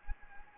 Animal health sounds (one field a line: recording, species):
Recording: mosquito wingbeat signal from an infrared sensor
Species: Anopheles arabiensis